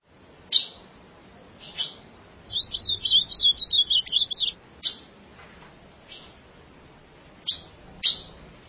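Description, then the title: Ultramarine grosbeak giving a brisk, twisting high-pitched warbled phrase lasting about two seconds amid irregular loud snaps and clicks. "Azulao"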